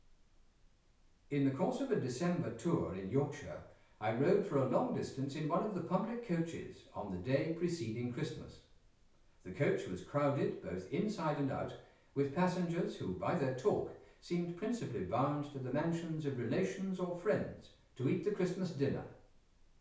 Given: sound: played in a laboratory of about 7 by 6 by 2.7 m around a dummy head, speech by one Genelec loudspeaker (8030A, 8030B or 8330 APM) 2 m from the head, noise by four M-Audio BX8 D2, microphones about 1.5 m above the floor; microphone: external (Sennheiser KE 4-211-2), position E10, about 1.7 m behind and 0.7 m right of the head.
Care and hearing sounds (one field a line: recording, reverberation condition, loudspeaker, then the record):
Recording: male speech in English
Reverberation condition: medium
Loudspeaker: 30 degrees to the left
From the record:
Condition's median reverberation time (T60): about 510 ms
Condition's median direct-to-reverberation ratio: about -0.5 dB